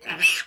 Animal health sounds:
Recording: pig call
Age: piglet (1 to 25 days)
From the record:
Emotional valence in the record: negative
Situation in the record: restrain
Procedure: sham castration, fixation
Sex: male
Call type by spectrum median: high-frequency call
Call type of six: mixed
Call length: 0.46 s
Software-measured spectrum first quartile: 2536 Hz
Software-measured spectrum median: 2795 Hz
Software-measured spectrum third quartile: 4464 Hz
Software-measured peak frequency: 2630 Hz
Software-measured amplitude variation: 192 dB a second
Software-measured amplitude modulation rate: 9.7 a second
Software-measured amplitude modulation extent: 19.8 dB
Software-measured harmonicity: 4.2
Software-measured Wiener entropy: -2.11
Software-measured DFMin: 747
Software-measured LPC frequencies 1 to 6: 965, 1717, 2615, 4682, 5827, 6935 Hz

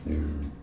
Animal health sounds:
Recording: pig call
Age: growing-finishing pig (85 days or more)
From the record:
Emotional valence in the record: negative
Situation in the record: barren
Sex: female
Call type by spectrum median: low-frequency call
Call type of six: low-frequency stable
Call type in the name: low-frequency stable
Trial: 1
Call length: 0.63 s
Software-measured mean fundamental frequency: 41 Hz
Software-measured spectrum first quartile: 75 Hz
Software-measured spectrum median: 149 Hz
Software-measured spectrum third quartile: 294 Hz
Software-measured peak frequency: 232 Hz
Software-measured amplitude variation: 100 dB a second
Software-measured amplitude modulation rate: 24.0 a second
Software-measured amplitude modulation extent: 4.2 dB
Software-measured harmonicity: -3.8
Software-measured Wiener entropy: -0.21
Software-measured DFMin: 623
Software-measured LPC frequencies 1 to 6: 289, 1499, 2128, 4517, 6586, 7279 Hz

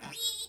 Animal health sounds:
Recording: pig call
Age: piglet (1 to 25 days)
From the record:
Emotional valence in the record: negative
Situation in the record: restrain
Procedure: sham castration, fixation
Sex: male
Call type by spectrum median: high-frequency call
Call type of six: mixed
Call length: 0.49 s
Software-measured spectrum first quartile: 3521 Hz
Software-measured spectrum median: 4953 Hz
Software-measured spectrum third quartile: 7892 Hz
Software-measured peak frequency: 3806 Hz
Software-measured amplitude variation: 143 dB a second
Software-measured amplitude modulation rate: 15.1 a second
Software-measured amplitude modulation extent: 9.4 dB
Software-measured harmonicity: 9.3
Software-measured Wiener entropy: -2.76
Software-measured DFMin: 773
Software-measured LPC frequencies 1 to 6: 708, 1418, 2467, 3353, 3823, 4585 Hz

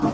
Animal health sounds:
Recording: pig call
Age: growing-finishing pig (85 days or more)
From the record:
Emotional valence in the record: positive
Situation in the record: run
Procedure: transit

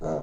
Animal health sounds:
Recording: pig call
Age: piglet (1 to 25 days)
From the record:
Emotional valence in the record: negative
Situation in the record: long isolation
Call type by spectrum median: low-frequency call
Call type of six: low-frequency stable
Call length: 0.23 s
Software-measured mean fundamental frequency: 53 Hz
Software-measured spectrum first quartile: 226 Hz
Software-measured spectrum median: 460 Hz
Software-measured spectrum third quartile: 638 Hz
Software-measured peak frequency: 636 Hz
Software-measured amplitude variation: 97 dB a second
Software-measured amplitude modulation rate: 15.0 a second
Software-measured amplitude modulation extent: 6.4 dB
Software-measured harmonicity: 0.1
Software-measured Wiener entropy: -0.44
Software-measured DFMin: 714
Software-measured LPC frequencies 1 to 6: 599, 1304, 3894, 4723, 6244, 6676 Hz

